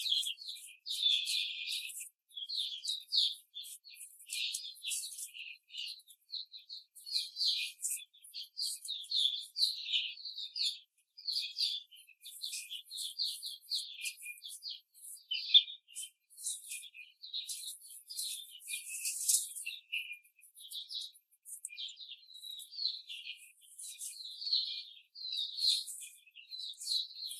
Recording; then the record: young laying hens in a cage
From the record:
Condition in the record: control cage, before the stress test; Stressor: none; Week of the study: 4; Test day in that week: 3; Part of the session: 2